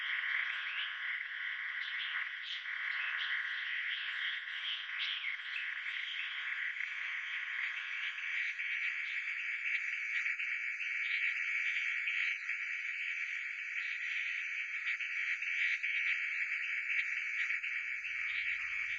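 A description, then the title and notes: Frogs call in a dense, continuous chorus of bright trilling and chirps, busier and more varied early, with a faint low thump near the end. Frog.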